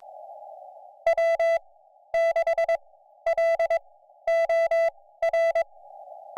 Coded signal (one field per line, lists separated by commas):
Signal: Morse code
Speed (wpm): 22 wpm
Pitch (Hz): 2000 Hz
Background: none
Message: W6LOR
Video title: QMX radio finally fixed! Real life activation on Kagel Mountain | Summits on the Air